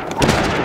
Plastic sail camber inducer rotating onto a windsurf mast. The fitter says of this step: You see that thing just snapped right into place.